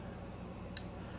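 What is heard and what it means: A CKF T15 folding knife blade is closed by hand and drops into the detent in its steel handle, which has open holes. A single sharp, subtle slap lands at 0.8 s over a steady low background hum. The blade is seated closed, held by a good detent.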